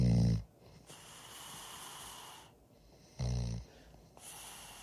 It was recorded at Secret Sound Studios in New York. Begins with the sound of snoring. The band had a road crew chief. They stuck a microphone in his face and recorded him snoring.